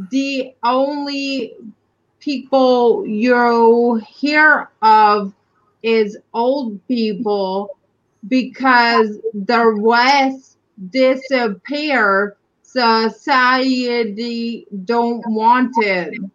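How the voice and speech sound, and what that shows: Slow, halting speech of an adult woman with aphasia after a stroke at age 42, with long pauses, stretched words and odd word choices.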